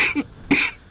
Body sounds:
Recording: coughing mixed with background sound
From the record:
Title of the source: 64 coughing, allergies, singing lungs

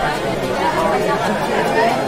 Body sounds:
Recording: background sound without coughing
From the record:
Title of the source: Nightlife Party Simulating Party Club Noise 1 Hour

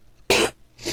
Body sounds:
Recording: coughing mixed with background sound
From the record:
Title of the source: 61 morning phlegmy cough...again

